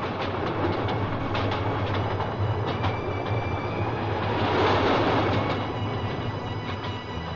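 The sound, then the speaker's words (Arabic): A train rumbles steadily along the rails, a dense low roar with faint rhythmic clacking and brief high metallic squeals, holding loud throughout without any voices. “عشان قلت لهم إن أنا هوصل في قطر 4:30 وضروري أكيد هيستنوني.”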